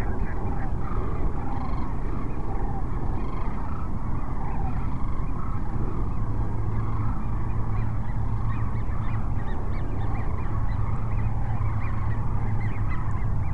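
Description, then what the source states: Sandhill crane flock chorus of many overlapping trumpeting, rattling calls without pause, with a loud low-pitched rumble underneath throughout. Several cranes at Cochise Lakes on 30 January 2019.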